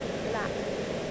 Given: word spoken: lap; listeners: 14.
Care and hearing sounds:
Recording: one English word in noise, from a listening test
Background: speech-shaped noise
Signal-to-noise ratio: -6.6 dB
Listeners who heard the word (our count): 3 of 14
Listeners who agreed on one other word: 7 of 14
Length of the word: 0.71 s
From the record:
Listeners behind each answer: 7, 3, 1, 1, 1, 1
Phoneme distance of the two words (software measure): 17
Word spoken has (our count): 1 syllable, 3 phonemes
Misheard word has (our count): 1 syllable, 4 phonemes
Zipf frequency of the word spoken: 4.22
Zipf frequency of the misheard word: 5.26

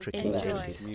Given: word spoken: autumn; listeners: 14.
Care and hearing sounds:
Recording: one English word in noise, from a listening test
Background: four-talker babble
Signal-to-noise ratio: -2.0 dB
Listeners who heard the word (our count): 0 of 14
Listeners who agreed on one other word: 6 of 14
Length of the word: 0.55 s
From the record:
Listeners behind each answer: 6, 1, 1, 1, 1, 1, 1, 1, 1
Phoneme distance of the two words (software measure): 41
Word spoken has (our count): 2 syllables, 4 phonemes, stress on syllable 1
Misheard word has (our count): 2 syllables, 5 phonemes, stress on syllable 1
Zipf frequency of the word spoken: 4.41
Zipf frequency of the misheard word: 4.51

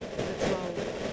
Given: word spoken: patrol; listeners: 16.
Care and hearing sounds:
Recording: one English word in noise, from a listening test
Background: noise modulated by three-talker babble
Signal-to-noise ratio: -7.3 dB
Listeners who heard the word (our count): 1 of 16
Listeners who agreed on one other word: 6 of 16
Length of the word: 0.73 s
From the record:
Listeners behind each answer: 6, 4, 1, 1, 1, 1, 1, 1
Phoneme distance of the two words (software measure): 17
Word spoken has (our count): 2 syllables, 6 phonemes, stress on syllable 2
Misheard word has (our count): 2 syllables, 7 phonemes, stress on syllable 2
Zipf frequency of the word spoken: 4.22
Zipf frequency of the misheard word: 5.14

